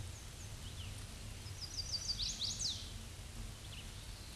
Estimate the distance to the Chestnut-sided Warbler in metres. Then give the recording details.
about 25 m. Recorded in a Pennsylvania forest on 18 May 2023 at 06:20. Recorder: AudioMoth, point grid1_40_low. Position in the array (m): 120 m, 210 m